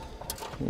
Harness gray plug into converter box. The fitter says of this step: I'm going to push it in until it clicks.